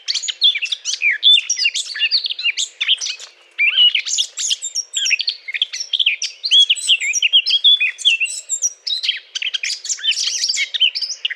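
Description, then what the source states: Eurasian blackcap song: a rapid, chattering warble of varied squeaky and whistled notes, loud and nearly unbroken, with a brief pause early on. Courtship song.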